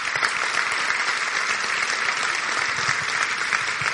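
Sustained applause from a crowd fills all four seconds, a dense, steady wash of many hands clapping at an even loudness with no pauses and no voices standing out.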